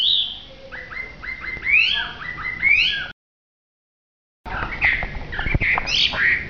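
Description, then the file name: Hwamei delivering a series of rising whistled slurs, repeated and varied, then after a pause a jumble of sharp upswept notes. Song described as gacor. "audio hwamei gacor. omkicau"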